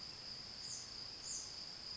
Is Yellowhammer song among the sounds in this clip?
no